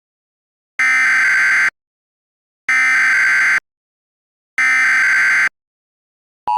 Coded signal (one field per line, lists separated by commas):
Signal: Emergency Alert System (SAME) tones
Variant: header bursts